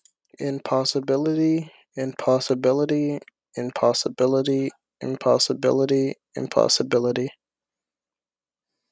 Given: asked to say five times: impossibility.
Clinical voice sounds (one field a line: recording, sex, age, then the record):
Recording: repeated word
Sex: male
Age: 20 to 29 years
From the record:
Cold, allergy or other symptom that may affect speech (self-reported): no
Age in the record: 20 years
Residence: Rhode Island, United States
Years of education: 13